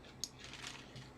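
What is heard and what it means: A PowerPole power connector contact is pushed home into its plastic connector housing close to the microphone, giving a short, sharp click at 0.2 s. The snap shows the contact is seated, and the rest of the clip is quiet.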